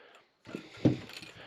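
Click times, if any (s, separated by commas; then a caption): 0.8 s. On the back of a Viozon tablet/phone stand with a suction cup, the quick-release arm joint is pushed onto the stand base mount and locks into place with a sharp ratchet-like mechanical click at 0.9 s. A softer tick follows at about 1.2 s, and the joint is seated.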